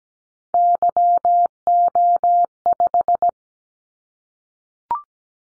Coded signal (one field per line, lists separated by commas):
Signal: Morse code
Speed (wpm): 17 wpm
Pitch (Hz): 700 Hz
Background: none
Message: YO5